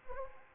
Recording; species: mosquito wingbeat signal from an infrared sensor; Anopheles arabiensis